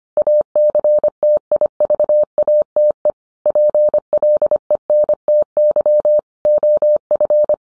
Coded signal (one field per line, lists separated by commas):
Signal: Morse code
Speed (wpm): 25 wpm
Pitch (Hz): 600 Hz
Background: none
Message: ACTIVATE PLENTY OF